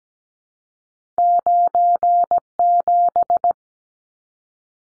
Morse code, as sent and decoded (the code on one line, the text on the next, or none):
----. --...
97